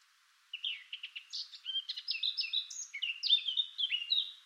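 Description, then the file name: Eurasian blackcap delivering one continuous warbled phrase, starting with quick chattering notes and moving into clearer whistled tones. "Sylvia atricapilla"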